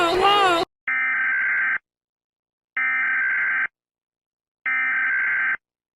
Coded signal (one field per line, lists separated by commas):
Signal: Emergency Alert System (SAME) tones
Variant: header bursts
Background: speech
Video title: The Germans Are Nuking The U.S. (EAS Scanario)